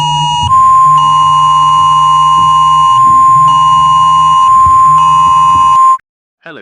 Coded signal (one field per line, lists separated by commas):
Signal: Emergency Alert System (SAME) tones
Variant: 1050 Hz attention tone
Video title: EAS Fallen pines remasterd